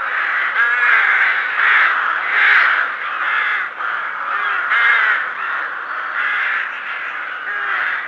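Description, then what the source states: Rooks cawing in a dense, overlapping chorus of harsh, grating calls that swell and ease without any pause. Rooks calling at a rookery.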